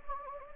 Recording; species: mosquito wingbeat signal from an infrared sensor; Anopheles gambiae